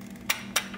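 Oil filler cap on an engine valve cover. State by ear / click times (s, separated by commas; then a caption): seated / 0.3 s, 0.6 s. An oil filler cap on the engine valve cover of a Mazdaspeed 6 is put back on after topping up the engine oil and turned until it clicks. Two sharp clicks sound at 0.3 s and 0.6 s over a steady low hum, and the cap is seated.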